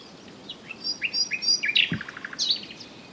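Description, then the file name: Common nightingale song: varied phrase of short whistled and slurred notes, some rising, ending in a rapid stuttering series and a high burst, with a brief low thud midway. "Luscinia megarhynchos"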